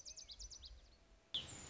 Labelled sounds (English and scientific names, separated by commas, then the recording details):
Lazuli Bunting (Passerina amoena)
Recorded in Sonoma County, California